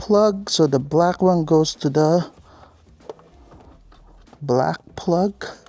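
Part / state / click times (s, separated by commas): harness plug into its matching vehicle plug / not seated / none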